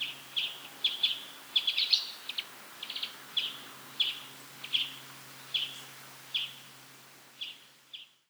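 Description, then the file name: European greenfinch calls: short sharp chipping notes in an uneven series, bunched at first, then spaced out and fading. "Chloris chloris"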